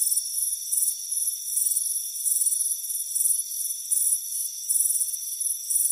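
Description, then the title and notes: Crickets chirping with shrill pulsed trills in uneven bursts, backed by steady high insect tones. Crickets chirping on a warm afternoon on a front porch. "Soothing Crickets Chirping Sound. Deep Sleep Sounds"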